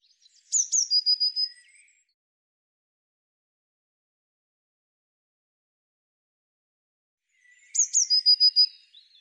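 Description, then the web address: Eurasian blue tit calls twice, about seven seconds apart, each time with two piercing high notes followed by a fast, even trill. "cianscape birddata Deverinetal Bird Cy Ca"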